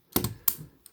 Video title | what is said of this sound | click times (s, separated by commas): Transformers Studio Series Deluxe Class B-127 review | just that snaps into place | 0.5 s